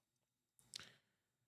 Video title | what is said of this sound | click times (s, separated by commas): Lego Santa's Front Yard - Build and Chill | snap and snap | 0.6 s, 0.8 s